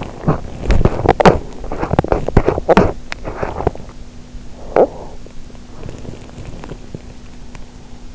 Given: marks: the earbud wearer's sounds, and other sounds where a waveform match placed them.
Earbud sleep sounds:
sounds in sleep by an in-ear microphone; teeth grinding
0.00-7.74 s: teeth grinding

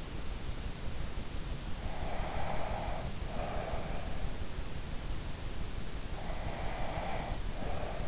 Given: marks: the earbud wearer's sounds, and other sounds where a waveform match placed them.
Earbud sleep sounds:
sounds in sleep by an in-ear microphone; breath
1.86-4.16 s: breath
6.15-8.08 s: breath

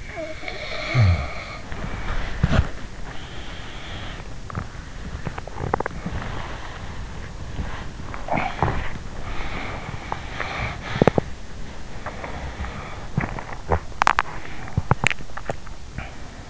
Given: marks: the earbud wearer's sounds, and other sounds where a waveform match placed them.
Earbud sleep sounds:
sounds in sleep by an in-ear microphone; snoring breath, body movement, talking in sleep, teeth grinding, swallowing
0.00-2.86 s: snoring breath
1.59-16.50 s: body movement
8.30-8.97 s: talking in sleep
11.00-11.36 s: teeth grinding
13.88-14.43 s: teeth grinding
14.69-15.37 s: teeth grinding
15.53-16.20 s: swallowing

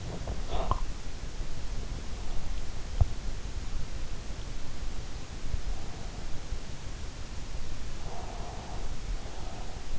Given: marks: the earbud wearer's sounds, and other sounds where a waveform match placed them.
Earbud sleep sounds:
sounds in sleep by an in-ear microphone; breath
0.00-0.87 s: breath
7.85-9.89 s: breath

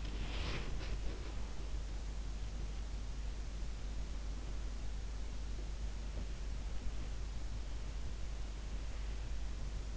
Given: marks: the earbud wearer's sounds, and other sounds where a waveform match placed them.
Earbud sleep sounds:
sounds in sleep by an in-ear microphone; body movement
0.00-1.48 s: body movement

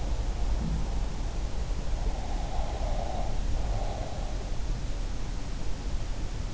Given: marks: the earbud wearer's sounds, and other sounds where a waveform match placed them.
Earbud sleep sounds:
sounds in sleep by an in-ear microphone; breath
2.16-4.34 s: breath

